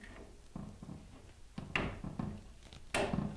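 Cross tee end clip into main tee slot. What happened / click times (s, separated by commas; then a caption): The metal end clips snapped into the slot / 1.8 s, 2.9 s. A 4-foot cross tee is pushed into a main tee slot of a suspended ceiling grid, and its metal end clips seat with sharp clicks at 1.7 s and 2.9 s. Softer thumps and rustling of handling come between them.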